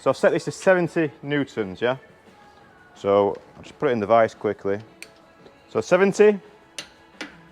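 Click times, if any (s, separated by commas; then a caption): 6.8 s. A click-type torque wrench set to 70 Nm is pulled on a bolt held in a vice until it breaks over with a sharp click at 6.8 s, confirming it clicks at the setting. Someone talks over most of the clip, and a second, softer tick follows at 7.2 s.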